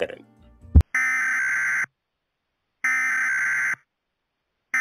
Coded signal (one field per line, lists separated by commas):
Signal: Emergency Alert System (SAME) tones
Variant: header bursts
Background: speech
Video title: The WEIRD WORLD of EAS Scenarios